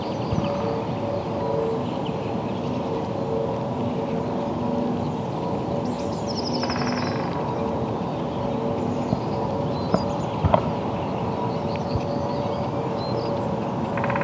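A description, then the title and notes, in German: Woodpeckers in a distant forest, heard over a steady low rumble and a constant faint hum. A short, rapid drumming burst comes at about six to seven seconds, with thin bird calls, and a few sharp knocks near ten seconds. Spechte in einem vielleicht 150 Meter entfernten Wald.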